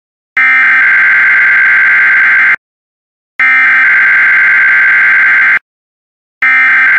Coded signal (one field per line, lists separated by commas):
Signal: Emergency Alert System (SAME) tones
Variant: header bursts